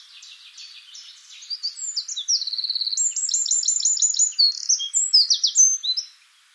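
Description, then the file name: Eurasian wren song, a loud, fast, high-pitched torrent of trills and twittering notes, with a rattling trill in the middle, lasting about six seconds. "Troglodytes troglodytes"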